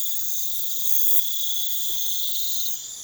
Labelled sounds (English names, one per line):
none